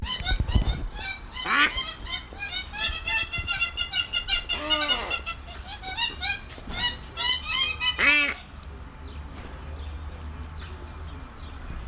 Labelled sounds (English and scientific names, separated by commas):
Hadada Ibis (Bostrychia hagedash) call